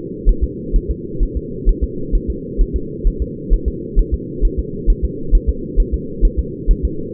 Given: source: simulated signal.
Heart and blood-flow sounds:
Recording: fetal heart sounds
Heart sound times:
0.29 s: S1
0.44 s: S2
0.76 s: S1
0.91 s: S2
1.23 s: S1
1.37 s: S2
1.69 s: S1
1.84 s: S2
2.15 s: S1
2.30 s: S2
2.61 s: S1
2.76 s: S2
3.07 s: S1
3.22 s: S2
3.53 s: S1
3.68 s: S2
3.99 s: S1
4.14 s: S2
4.45 s: S1
4.59 s: S2
4.90 s: S1
5.04 s: S2
5.35 s: S1
5.49 s: S2
5.80 s: S1
5.94 s: S2
6.25 s: S1
6.39 s: S2
6.71 s: S1
6.85 s: S2
From the record:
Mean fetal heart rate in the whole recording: 130 bpm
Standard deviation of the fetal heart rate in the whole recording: 2 bpm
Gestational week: 38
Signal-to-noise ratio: -4.3 dB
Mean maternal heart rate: 72 bpm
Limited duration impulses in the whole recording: absent

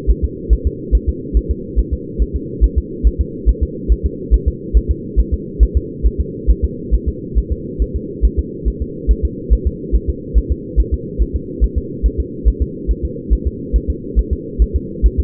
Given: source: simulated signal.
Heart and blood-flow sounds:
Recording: fetal heart sounds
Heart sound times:
0.11 s: S1
0.25 s: S2
0.53 s: S1
0.67 s: S2
0.95 s: S1
1.09 s: S2
1.37 s: S1
1.51 s: S2
1.79 s: S1
1.93 s: S2
2.22 s: S1
2.36 s: S2
2.64 s: S1
2.78 s: S2
3.07 s: S1
3.21 s: S2
3.49 s: S1
3.63 s: S2
3.92 s: S1
4.06 s: S2
4.34 s: S1
4.48 s: S2
4.77 s: S1
4.91 s: S2
5.20 s: S1
5.34 s: S2
5.63 s: S1
5.77 s: S2
6.06 s: S1
6.20 s: S2
6.50 s: S1
6.64 s: S2
6.94 s: S1
7.08 s: S2
7.38 s: S1
7.52 s: S2
7.82 s: S1
7.96 s: S2
8.25 s: S1
8.39 s: S2
8.68 s: S1
8.82 s: S2
9.11 s: S1
9.25 s: S2
9.53 s: S1
9.67 s: S2
9.95 s: S1
10.10 s: S2
10.38 s: S1
10.52 s: S2
10.80 s: S1
10.94 s: S2
11.22 s: S1
11.36 s: S2
11.64 s: S1
11.78 s: S2
12.06 s: S1
12.20 s: S2
12.48 s: S1
12.62 s: S2
12.91 s: S1
13.05 s: S2
13.33 s: S1
13.47 s: S2
13.76 s: S1
13.90 s: S2
14.19 s: S1
14.33 s: S2
14.62 s: S1
14.76 s: S2
15.06 s: S1
15.20 s: S2
From the record:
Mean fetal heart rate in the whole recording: 140 bpm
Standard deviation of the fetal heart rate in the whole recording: 2 bpm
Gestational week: 34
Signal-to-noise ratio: -4.1 dB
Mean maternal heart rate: no maternal heart sound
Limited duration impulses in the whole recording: absent

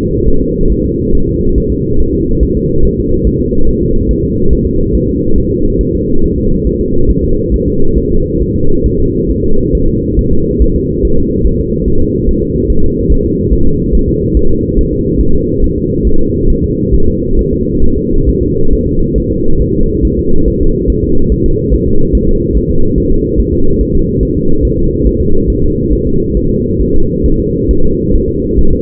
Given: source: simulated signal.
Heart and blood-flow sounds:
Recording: fetal heart sounds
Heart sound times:
0.28 s: S1
0.42 s: S2
0.72 s: S1
0.86 s: S2
1.15 s: S1
1.29 s: S2
1.58 s: S1
1.72 s: S2
2.00 s: S1
2.14 s: S2
2.43 s: S1
2.57 s: S2
2.85 s: S1
2.99 s: S2
3.27 s: S1
3.41 s: S2
3.69 s: S1
3.83 s: S2
4.11 s: S1
4.25 s: S2
4.53 s: S1
4.67 s: S2
4.95 s: S1
5.09 s: S2
5.38 s: S1
5.52 s: S2
5.81 s: S1
5.95 s: S2
6.24 s: S1
6.38 s: S2
6.67 s: S1
6.81 s: S2
7.11 s: S1
7.24 s: S2
7.54 s: S1
7.68 s: S2
7.98 s: S1
8.12 s: S2
8.42 s: S1
8.56 s: S2
8.86 s: S1
9.00 s: S2
9.30 s: S1
9.45 s: S2
9.75 s: S1
9.89 s: S2
10.19 s: S1
10.33 s: S2
10.62 s: S1
10.76 s: S2
11.05 s: S1
11.19 s: S2
11.47 s: S1
11.60 s: S2
11.88 s: S1
12.02 s: S2
12.29 s: S1
12.43 s: S2
12.70 s: S1
12.84 s: S2
13.12 s: S1
13.26 s: S2
13.53 s: S1
13.67 s: S2
13.95 s: S1
14.09 s: S2
14.37 s: S1
14.51 s: S2
14.79 s: S1
14.93 s: S2
15.21 s: S1
15.35 s: S2
15.64 s: S1
15.78 s: S2
16.07 s: S1
16.21 s: S2
16.50 s: S1
16.64 s: S2
16.95 s: S1
17.08 s: S2
17.39 s: S1
17.53 s: S2
17.84 s: S1
17.98 s: S2
18.29 s: S1
18.43 s: S2
18.73 s: S1
18.87 s: S2
19.18 s: S1
19.32 s: S2
19.62 s: S1
19.76 s: S2
20.05 s: S1
20.19 s: S2
20.48 s: S1
20.62 s: S2
20.90 s: S1
21.04 s: S2
21.32 s: S1
21.46 s: S2
21.74 s: S1
21.88 s: S2
22.15 s: S1
22.29 s: S2
22.57 s: S1
22.71 s: S2
22.98 s: S1
23.12 s: S2
23.40 s: S1
23.54 s: S2
23.81 s: S1
23.95 s: S2
24.23 s: S1
24.37 s: S2
24.65 s: S1
24.79 s: S2
25.07 s: S1
25.21 s: S2
25.50 s: S1
25.64 s: S2
25.93 s: S1
26.07 s: S2
26.37 s: S1
26.51 s: S2
26.82 s: S1
26.95 s: S2
27.26 s: S1
27.40 s: S2
27.71 s: S1
27.85 s: S2
28.15 s: S1
28.29 s: S2
28.59 s: S1
28.73 s: S2
From the record:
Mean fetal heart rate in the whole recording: 140 bpm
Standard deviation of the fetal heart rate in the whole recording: 2 bpm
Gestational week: 34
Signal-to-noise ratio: -19.1 dB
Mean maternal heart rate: 72 bpm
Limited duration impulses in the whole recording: present

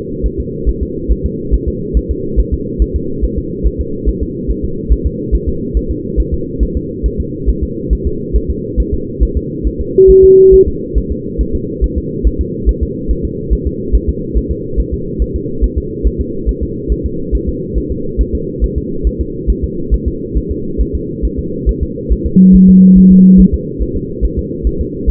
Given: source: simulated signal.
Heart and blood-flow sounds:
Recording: fetal heart sounds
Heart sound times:
0.26 s: S1
0.40 s: S2
0.69 s: S1
0.83 s: S2
1.12 s: S1
1.26 s: S2
1.54 s: S1
1.68 s: S2
1.97 s: S1
2.11 s: S2
2.40 s: S1
2.54 s: S2
2.82 s: S1
2.96 s: S2
3.24 s: S1
3.39 s: S2
3.67 s: S1
3.81 s: S2
4.09 s: S1
4.23 s: S2
4.51 s: S1
4.65 s: S2
4.93 s: S1
5.06 s: S2
5.35 s: S1
5.49 s: S2
5.77 s: S1
5.91 s: S2
6.20 s: S1
6.34 s: S2
6.63 s: S1
6.77 s: S2
7.06 s: S1
7.20 s: S2
7.49 s: S1
7.63 s: S2
7.93 s: S1
8.07 s: S2
8.36 s: S1
8.50 s: S2
8.80 s: S1
8.94 s: S2
9.23 s: S1
9.37 s: S2
9.67 s: S1
9.81 s: S2
10.10 s: S1
10.24 s: S2
10.54 s: S1
10.68 s: S2
10.98 s: S1
11.12 s: S2
11.41 s: S1
11.55 s: S2
11.84 s: S1
11.98 s: S2
12.27 s: S1
12.41 s: S2
12.69 s: S1
12.83 s: S2
13.11 s: S1
13.25 s: S2
13.53 s: S1
13.67 s: S2
13.95 s: S1
14.09 s: S2
14.37 s: S1
14.52 s: S2
14.80 s: S1
14.94 s: S2
15.22 s: S1
15.36 s: S2
15.64 s: S1
15.78 s: S2
16.07 s: S1
16.21 s: S2
16.49 s: S1
16.63 s: S2
16.92 s: S1
17.06 s: S2
17.35 s: S1
17.49 s: S2
17.78 s: S1
17.92 s: S2
18.21 s: S1
18.35 s: S2
18.64 s: S1
18.78 s: S2
19.07 s: S1
19.21 s: S2
19.50 s: S1
19.64 s: S2
19.94 s: S1
20.08 s: S2
20.37 s: S1
20.52 s: S2
20.81 s: S1
20.95 s: S2
21.25 s: S1
21.39 s: S2
21.69 s: S1
21.83 s: S2
22.12 s: S1
22.27 s: S2
22.55 s: S1
22.70 s: S2
22.98 s: S1
23.12 s: S2
23.40 s: S1
23.54 s: S2
23.83 s: S1
23.97 s: S2
24.25 s: S1
24.39 s: S2
24.67 s: S1
24.81 s: S2
25.10 s: S1
From the record:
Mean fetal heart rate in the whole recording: 140 bpm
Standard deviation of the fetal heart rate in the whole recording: 2 bpm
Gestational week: 34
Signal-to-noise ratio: -6.6 dB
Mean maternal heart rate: 72 bpm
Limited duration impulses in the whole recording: present

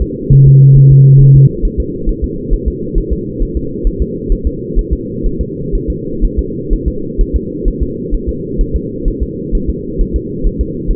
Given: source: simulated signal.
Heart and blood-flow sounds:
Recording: fetal heart sounds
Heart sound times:
0.02 s: S2
0.33 s: S1
0.47 s: S2
0.77 s: S1
0.92 s: S2
1.21 s: S1
1.36 s: S2
1.65 s: S1
1.80 s: S2
2.09 s: S1
2.24 s: S2
2.53 s: S1
2.68 s: S2
2.98 s: S1
3.12 s: S2
3.42 s: S1
3.57 s: S2
3.87 s: S1
4.02 s: S2
4.32 s: S1
4.47 s: S2
4.79 s: S1
4.93 s: S2
5.26 s: S1
5.41 s: S2
5.75 s: S1
5.90 s: S2
6.25 s: S1
6.39 s: S2
6.73 s: S1
6.88 s: S2
7.21 s: S1
7.36 s: S2
7.68 s: S1
7.83 s: S2
8.14 s: S1
8.29 s: S2
8.61 s: S1
8.76 s: S2
9.08 s: S1
9.23 s: S2
9.55 s: S1
9.70 s: S2
10.01 s: S1
10.16 s: S2
10.47 s: S1
10.61 s: S2
10.91 s: S1
From the record:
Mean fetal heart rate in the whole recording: 130 bpm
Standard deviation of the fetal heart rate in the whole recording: 4 bpm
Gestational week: 38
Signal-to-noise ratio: -6.6 dB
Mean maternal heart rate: 72 bpm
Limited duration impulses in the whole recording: present

